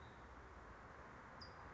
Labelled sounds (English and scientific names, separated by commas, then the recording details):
Nuttall's Woodpecker (Dryobates nuttallii)
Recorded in Sonoma County, California